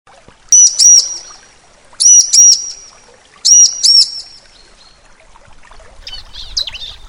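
Bar-winged prinia song: loud, high paired whistled notes in short bursts, repeated about every one and a half seconds, with fainter chirps near the end.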